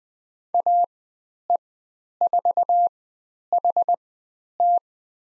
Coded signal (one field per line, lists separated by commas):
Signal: Morse code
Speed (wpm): 20 wpm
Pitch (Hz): 700 Hz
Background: none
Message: AE4HT